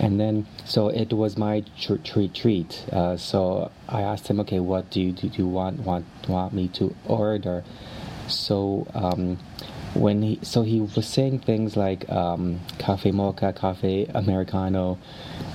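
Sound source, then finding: Adult male speaker. Stuttering.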